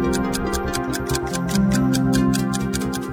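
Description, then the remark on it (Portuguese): A radio time-signal effect marking 8 o'clock: a clock ticks rapidly and evenly, with crisp repeated clicks over a sustained humming musical tone that shifts pitch midway. The sound stays steady and moderately loud, with no voices. “Acerte o seu relógio.”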